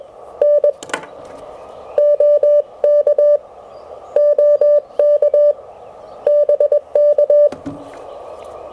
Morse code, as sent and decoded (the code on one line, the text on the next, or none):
-. / --- -.- / --- -.- / -... -.-
N OK OK BK